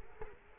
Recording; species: mosquito wingbeat signal from an infrared sensor; Culex quinquefasciatus